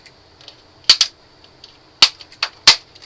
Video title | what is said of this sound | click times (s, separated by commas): How to open your Xbox 360 Tutorial [HD] | there we go it popped | 2.7 s